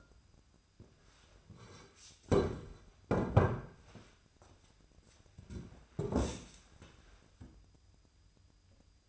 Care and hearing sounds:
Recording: daily activity, microphone in the room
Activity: sit down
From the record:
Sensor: 2

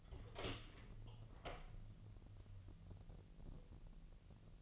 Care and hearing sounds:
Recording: daily activity, microphone in the room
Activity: open door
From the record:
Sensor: 4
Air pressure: 1002.1 hPa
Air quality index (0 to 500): 248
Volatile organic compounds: 41 ppm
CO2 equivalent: 3160 ppm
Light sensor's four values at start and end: 10/22/8/8 and 9/21/8/7

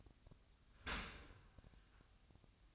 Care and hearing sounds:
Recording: daily activity, microphone in the room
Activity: open dishwasher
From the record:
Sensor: 2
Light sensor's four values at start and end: 6/15/6/6 and 6/15/6/6

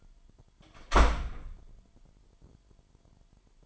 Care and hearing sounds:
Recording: daily activity, microphone in the room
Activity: close door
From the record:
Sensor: 5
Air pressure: 998.5 hPa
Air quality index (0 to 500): 82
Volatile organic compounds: 1 ppm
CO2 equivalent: 936 ppm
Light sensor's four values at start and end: 31/77/32/35 and 31/76/31/35

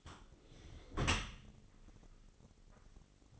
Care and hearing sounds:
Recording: daily activity, microphone in the room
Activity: close dishwasher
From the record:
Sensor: 4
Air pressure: 996.6 hPa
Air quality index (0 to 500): 88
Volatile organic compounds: 5 ppm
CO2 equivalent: 1712 ppm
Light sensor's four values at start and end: 19/52/20/22 and 19/52/20/22

